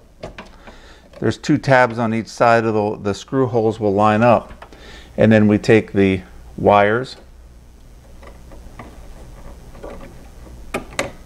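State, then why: Seated. A fan's wire connector is pushed into its socket on a Samsung TV board during a fan replacement. Someone talks, then after a quieter stretch of faint handling, two sharp clicks come at 10.7 s and 11.0 s as the connector seats.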